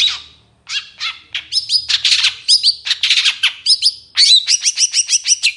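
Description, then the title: Long-tailed shrike song, a dense varied medley of grating notes and clear hooked whistles, closing with a quick even series of repeated upslurred chirps. Singing in the morning; clear, varied song with repeated "toet toet" notes, described as easy to imitate. "Cendet Gacor Dor Di Kala Pagi Toet Toet Variasi Suara Jernih Mudah Di Tiru"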